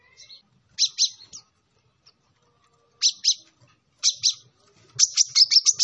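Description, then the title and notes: Sunbird calls: short high clustered chips at irregular intervals, ending in a quick run of sharp repeated notes. Indonesian 'kolibri ninja' master recording with full 'isian' and 'tembakan' song, described as 'gacor' (singing vigorously), intended as a lure for training other birds. "MASTERAN KOLIBRI NINJA TERBAIK FULL ISIAN DAN TEMBAKAN MEWAH COCOK BUAT PANCINGAN. Suara Burung Kolibri Ninja Gacor"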